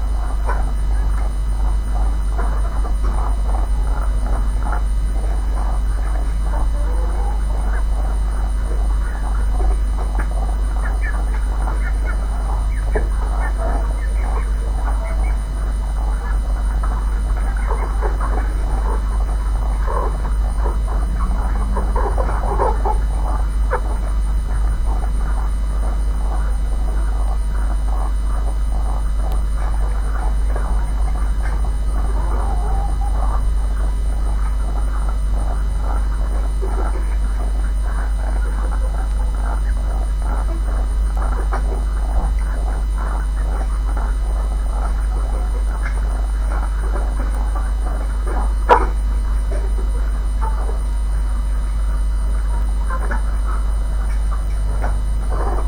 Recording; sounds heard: poultry house recording; sick chickens (respiratory disease)